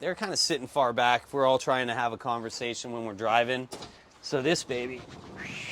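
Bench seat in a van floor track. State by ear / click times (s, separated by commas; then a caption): not seated / none. Someone talks while handling a van bench seat that slides along its metal floor track to lock into position. Only speech is heard, and nothing has seated or clicked yet.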